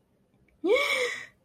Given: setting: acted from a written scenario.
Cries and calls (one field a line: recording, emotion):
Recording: vocal sound without words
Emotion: negative surprise